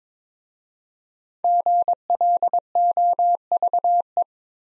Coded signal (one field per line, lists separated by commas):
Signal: Morse code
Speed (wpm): 22 wpm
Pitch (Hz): 700 Hz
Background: none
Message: GLOVE